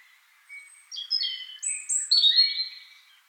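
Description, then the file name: European robin song: thin, high, sweet whistled notes at varying pitches, growing louder. "Erithacus rubecula"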